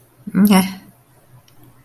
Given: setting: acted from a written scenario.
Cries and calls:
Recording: vocal sound without words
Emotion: neutral

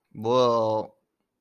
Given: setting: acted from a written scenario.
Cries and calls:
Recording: vocal sound without words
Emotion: disgust

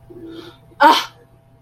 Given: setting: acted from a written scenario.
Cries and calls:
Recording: vocal sound without words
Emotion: anger

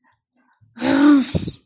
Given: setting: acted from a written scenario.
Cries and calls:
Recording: vocal sound without words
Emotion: anger

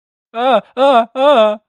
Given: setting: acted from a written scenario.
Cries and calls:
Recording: vocal sound without words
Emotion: fear

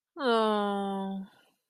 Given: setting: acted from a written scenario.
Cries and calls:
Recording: vocal sound without words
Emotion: disappointment

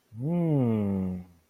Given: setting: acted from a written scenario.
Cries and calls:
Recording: vocal sound without words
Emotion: awe

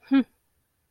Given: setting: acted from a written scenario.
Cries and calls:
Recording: vocal sound without words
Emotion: elation

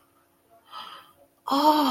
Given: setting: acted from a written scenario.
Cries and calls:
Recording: vocal sound without words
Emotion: awe

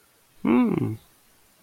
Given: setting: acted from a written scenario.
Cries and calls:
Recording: vocal sound without words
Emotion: adoration

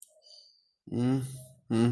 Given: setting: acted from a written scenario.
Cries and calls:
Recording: vocal sound without words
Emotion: contempt

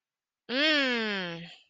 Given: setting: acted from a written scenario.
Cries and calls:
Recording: vocal sound without words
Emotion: contentment

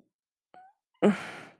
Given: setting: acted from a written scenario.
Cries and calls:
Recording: vocal sound without words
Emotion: contempt

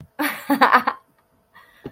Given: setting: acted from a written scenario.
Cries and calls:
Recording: vocal sound without words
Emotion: amusement

